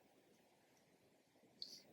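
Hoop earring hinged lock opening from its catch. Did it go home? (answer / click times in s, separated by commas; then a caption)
released / 1.6 s. A sterling silver hoop earring's hinged lock is pinched on both sides at once to open it, releasing from its catch. A faint low rustle runs under the clip until a sharp, bright click at 1.6 s as the lock opens.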